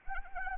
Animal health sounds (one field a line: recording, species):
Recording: mosquito wingbeat signal from an infrared sensor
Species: Anopheles arabiensis